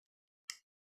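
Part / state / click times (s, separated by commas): fixed-blade knife out of molded plastic sheath / released / 0.5 s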